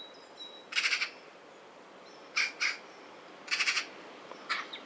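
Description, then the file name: Eurasian magpie giving harsh rattling chatters, short bursts of rapid dry notes repeated several times, with faint high thin calls of another bird behind. "Pica pica"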